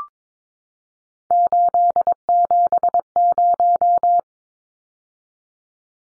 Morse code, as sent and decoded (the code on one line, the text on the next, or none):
---.. --... -----
870